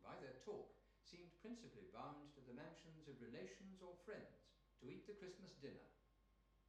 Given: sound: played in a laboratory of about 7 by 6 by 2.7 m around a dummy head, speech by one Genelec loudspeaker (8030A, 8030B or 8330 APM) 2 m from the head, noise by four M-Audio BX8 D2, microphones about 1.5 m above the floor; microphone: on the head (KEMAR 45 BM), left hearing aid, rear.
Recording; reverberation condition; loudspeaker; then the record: male speech in English; medium; in front (0 degrees)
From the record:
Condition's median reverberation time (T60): about 510 ms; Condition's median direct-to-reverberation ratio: about -0.5 dB